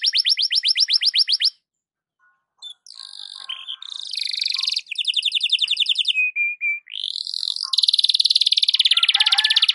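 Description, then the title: Canary singing a quick pulsed trill, pausing, then a rich mix of buzzy rolls, slurred whistles and a long bright trill to the end. Belgian canary song in the morning, for warming up Belgian canaries; suitable for masteran (tutoring other birds). "Canto Para Esquentar Canário Belga. SUARA BURUNG KENARI DI PAGI HARI COCOK BUAT MASTERAN"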